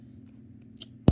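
The plastic blade ring on the layer of a B-113 Hell Salamander.12.Op Beyblade Burst spinning-top toy is pushed back from its 5-blade mode into its 10-blade mode. A few faint plastic ticks come at about 0.3, 0.6 and 0.8 s over a low hum, then one sharp, loud click at 1.1 s as the ring seats in the 10-blade position.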